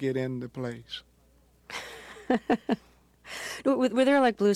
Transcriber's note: laughter